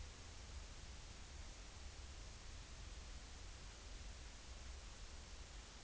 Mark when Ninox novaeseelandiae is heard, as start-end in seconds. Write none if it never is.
none